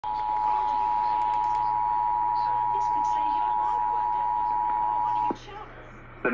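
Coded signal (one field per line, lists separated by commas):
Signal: Emergency Alert System (SAME) tones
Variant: 853 and 960 Hz attention tone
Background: speech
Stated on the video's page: EAS severe weather alert aired on KTRH 740 AM, KHJK 103.7 FM and KYAZ 51.1.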